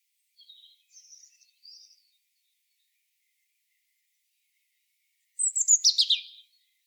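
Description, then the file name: European robin song: a few soft, thin high notes, a pause, then a louder cascading phrase of sharp descending notes near the end. "Erithacus rubecula"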